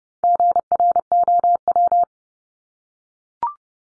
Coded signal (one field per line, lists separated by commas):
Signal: Morse code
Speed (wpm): 29 wpm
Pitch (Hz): 700 Hz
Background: none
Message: GROW